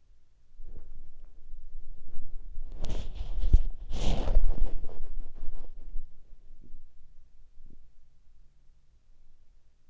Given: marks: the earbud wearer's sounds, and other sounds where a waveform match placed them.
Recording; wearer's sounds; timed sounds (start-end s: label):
sounds in sleep by an in-ear microphone; body movement
0.00-6.71 s: body movement